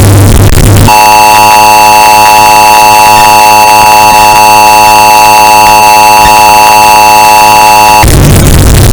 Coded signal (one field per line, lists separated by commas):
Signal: Emergency Alert System (SAME) tones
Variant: 853 and 960 Hz attention tone